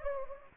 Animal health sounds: mosquito wingbeat signal from an infrared sensor; Anopheles gambiae

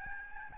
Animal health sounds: mosquito wingbeat signal from an infrared sensor; Aedes albopictus

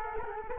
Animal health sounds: mosquito wingbeat signal from an infrared sensor; Culex quinquefasciatus

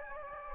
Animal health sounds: mosquito wingbeat signal from an infrared sensor; Anopheles gambiae

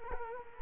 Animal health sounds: mosquito wingbeat signal from an infrared sensor; Culex quinquefasciatus

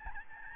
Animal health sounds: mosquito wingbeat signal from an infrared sensor; Aedes albopictus

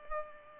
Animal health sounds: mosquito wingbeat signal from an infrared sensor; Culex pipiens

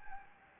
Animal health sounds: mosquito wingbeat signal from an infrared sensor; Anopheles gambiae

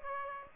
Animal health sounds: mosquito wingbeat signal from an infrared sensor; Aedes aegypti

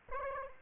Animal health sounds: mosquito wingbeat signal from an infrared sensor; Aedes aegypti

